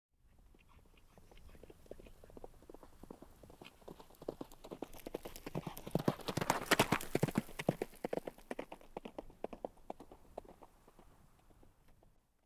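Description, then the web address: Horse cantering, rapid drumming hoofbeats that build to a peak near the middle and then fade away as the animal passes. Horse cantering past on dirt. "horse canter by on dirt"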